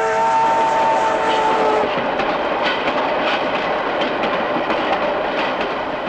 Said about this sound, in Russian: Перед ней проезжает поезд.